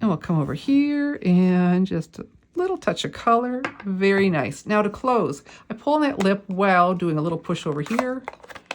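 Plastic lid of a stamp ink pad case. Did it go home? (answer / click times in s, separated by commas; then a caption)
no / none. Someone talks while closing the plastic lid of a stamp ink pad case, pulling its lip and pushing down on it; a few faint handling taps come right at the end. The lid has not clicked shut yet; that click is what shows the pad is closed so it won't dry out.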